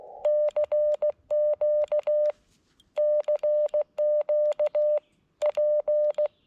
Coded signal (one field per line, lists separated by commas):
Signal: Morse code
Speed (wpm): 16 wpm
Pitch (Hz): 600 Hz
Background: none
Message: CQ CQ P